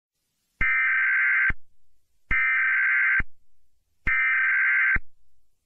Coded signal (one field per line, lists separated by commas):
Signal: Emergency Alert System (SAME) tones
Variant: header bursts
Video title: Angry EAS - Severe Storm Warning (NOT FOR KIDS)